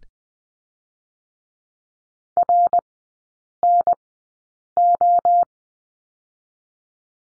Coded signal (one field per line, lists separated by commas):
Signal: Morse code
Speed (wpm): 20 wpm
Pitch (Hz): 700 Hz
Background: none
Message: RNO